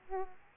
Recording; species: mosquito wingbeat signal from an infrared sensor; Aedes aegypti